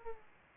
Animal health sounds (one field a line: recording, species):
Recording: mosquito wingbeat signal from an infrared sensor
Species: Aedes aegypti